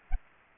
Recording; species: mosquito wingbeat signal from an infrared sensor; Aedes aegypti